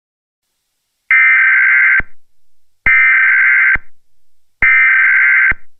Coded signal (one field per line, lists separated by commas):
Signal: Emergency Alert System (SAME) tones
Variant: header bursts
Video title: i uploaded my old unfinished eas scenario from 2 years ago because bored